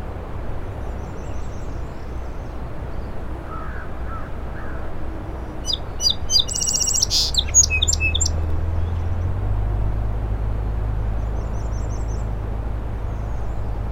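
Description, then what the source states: Song sparrow delivering a single lively song of crisp repeated notes and a quick trill midway through, with soft chirps and a low rumble throughout. In a shrub on the causeway to Little Moose Island; morning, 07:02, 21 June 2017; mostly sunny, 60 degrees, incoming tide; Fostex FR2 recorder with Sennheiser ME 64 microphone; trimmed and levelled.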